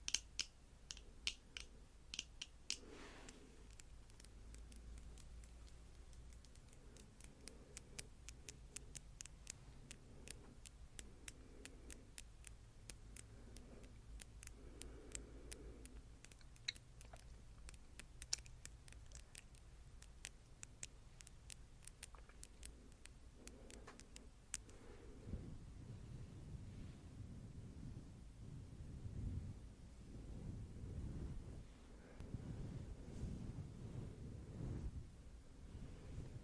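Crisp fingernail taps come in quick, irregular bursts over the first twenty-five seconds, bright over a faint low hum. The tapping then stops and soft, muffled brushing on a fluffy microphone cover takes over, a dense, low, rustling rumble to the end.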